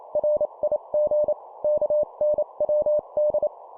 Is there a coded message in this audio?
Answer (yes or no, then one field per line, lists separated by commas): yes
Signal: Morse code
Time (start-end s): 0.2-3.5 s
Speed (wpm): 28 wpm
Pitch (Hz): 600 Hz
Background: none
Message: RIG KNWD